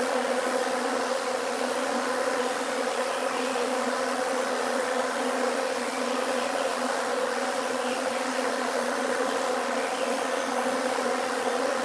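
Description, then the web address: Bees buzzing in a steady, continuous low hum with a smooth droning tone that holds even throughout, no other clear sounds. "anasyn caracalla thesis I 01 bees"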